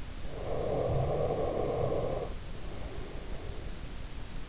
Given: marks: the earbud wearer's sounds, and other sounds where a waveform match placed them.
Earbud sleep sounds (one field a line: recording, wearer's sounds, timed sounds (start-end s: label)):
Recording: sounds in sleep by an in-ear microphone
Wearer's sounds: breath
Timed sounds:
0.42-3.65 s: breath